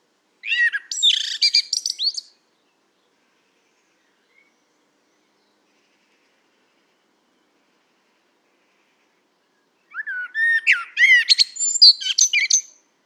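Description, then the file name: Common blackbird, two separate song phrases about eight seconds apart, each a quick run of warbled whistles and high, squeaky twittering. "Turdus merula"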